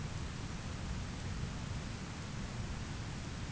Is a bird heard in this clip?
no